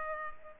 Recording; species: mosquito wingbeat signal from an infrared sensor; Culex pipiens